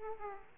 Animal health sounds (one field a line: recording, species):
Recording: mosquito wingbeat signal from an infrared sensor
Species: Aedes aegypti